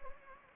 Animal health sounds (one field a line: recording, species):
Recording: mosquito wingbeat signal from an infrared sensor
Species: Anopheles gambiae